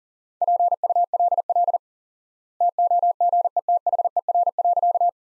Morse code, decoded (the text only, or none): PULL TOGETHER.